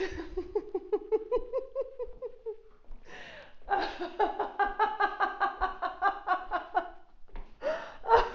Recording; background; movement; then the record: laughter; quiet; walking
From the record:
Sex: female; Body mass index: 21.8 kg/m2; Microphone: on the chest, facing outward